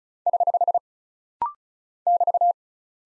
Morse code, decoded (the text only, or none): <HH> <BT>